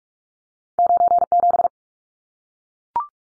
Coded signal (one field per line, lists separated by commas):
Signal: Morse code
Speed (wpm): 44 wpm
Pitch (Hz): 700 Hz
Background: none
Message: 97